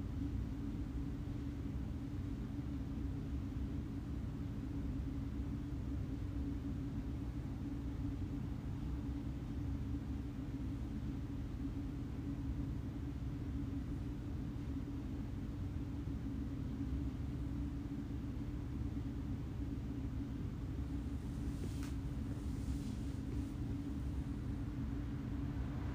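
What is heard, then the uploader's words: Calm evening wind flows through a house with the windows open, heard as a steady, dense low rumble that holds an even level from start to finish. Around the twenty-second mark, a few faint, brief high ticks sound over the hum. Cool Phoenix, Arizona evening with the windows open. A cool night in the Valley of the Sun, we opened the house up as we ready for Fall. You'll hear the helicopters flying by every once in a while, but mostly you'll enjoy the calm winds flowing through the house and the occasional cricket chirp or a bird calling it's goodnight.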